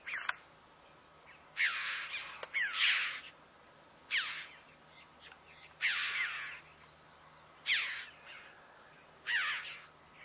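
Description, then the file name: Red-billed chough giving grating calls, repeated every second or two over a quiet background. "Canto do gralha de bico vermelho"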